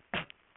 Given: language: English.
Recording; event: throat vibration sensor signal played as sound; cough